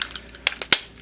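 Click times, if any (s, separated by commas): 0.5 s, 0.7 s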